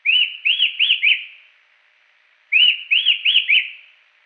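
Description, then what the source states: Rufous-tailed attila song: two phrases of four quick whistled notes, each note sweeping up then down, the phrases about two and a half seconds apart over a quiet background. Song; Salerno, 23 October 2001.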